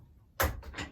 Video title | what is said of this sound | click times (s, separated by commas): https://clockrepairsmerseyside.co.uk Fitting a mainspring using my mainspring winder bonus info | little bit off camera, that was it, a little click, and we're away. | 0.4 s